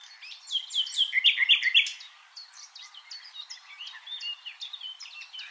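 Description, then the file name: Common nightingale song: a dense burst of bright chirps and rapid trilled notes, fading into softer, scattered chirps. "Luscinia megarhynchos"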